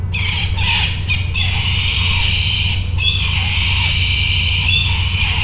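Bird giving harsh, grating squawks almost without pause, some short and some drawn out, over a constant low hum.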